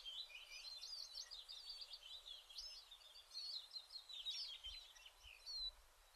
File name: willowwarbler